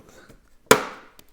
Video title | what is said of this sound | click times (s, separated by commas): Touratech Upper Crash Bar Install On 2025 BMW R 1300 GS My Adventure Bike Build #480 | So, this clicked in this one. These This one clicked in first. | 0.7 s